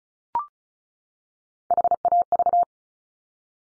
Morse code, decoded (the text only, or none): HAV